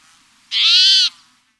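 Spotted towhee call, a single harsh, nasal, catlike mew lasting about half a second, rich in overtones, over a faint low hum.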